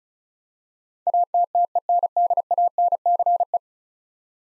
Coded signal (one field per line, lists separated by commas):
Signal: Morse code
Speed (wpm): 36 wpm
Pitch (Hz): 700 Hz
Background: none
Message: ATTENDANCE